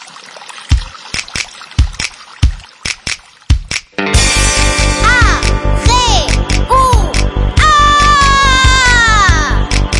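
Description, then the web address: Whale calls: sharp scattered clicks, then a dense pulsed buzz with squealing harmonic calls that rise and fall, ending in a long tone that drops at its end. "whale recordings"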